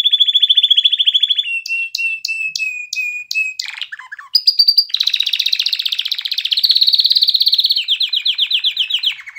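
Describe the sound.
Canary song: a rapid high rolling trill, then a steady series of lower repeated notes with sharp overtones, a quick descending flourish, and bright buzzy rolls to finish.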